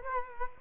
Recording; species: mosquito wingbeat signal from an infrared sensor; Culex quinquefasciatus